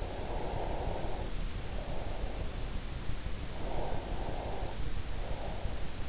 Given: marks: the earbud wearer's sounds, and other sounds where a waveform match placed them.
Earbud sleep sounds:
sounds in sleep by an in-ear microphone; breath
0.09-2.32 s: breath
3.35-5.81 s: breath

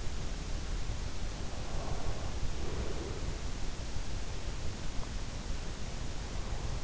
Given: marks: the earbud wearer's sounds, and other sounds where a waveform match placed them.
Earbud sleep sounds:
sounds in sleep by an in-ear microphone; breath
1.56-3.69 s: breath

